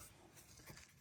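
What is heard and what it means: A small plastic terminal guard is pressed by one hand back down over the hot post (B+ terminal) of an alternator on a 1993 Toyota pickup; the guard covers the hot wire. Only faint handling hits and a brief soft knock around 0.8 s are heard. The clip ends before the guard goes home, so nothing has seated or snapped in place yet.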